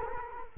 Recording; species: mosquito wingbeat signal from an infrared sensor; Culex quinquefasciatus